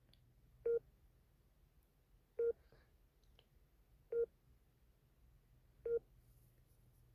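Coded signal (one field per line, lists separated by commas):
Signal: none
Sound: cartoon sound effect beeps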